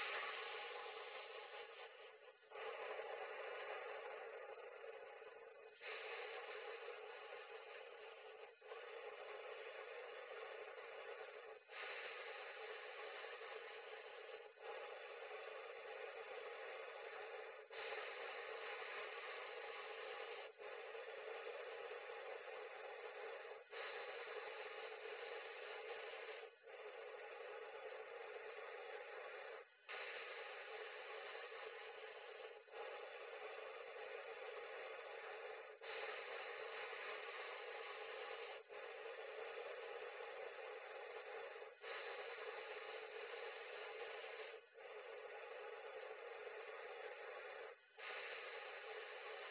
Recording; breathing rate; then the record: paced breathing near a phone; 10 breaths a minute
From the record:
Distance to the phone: 40 cm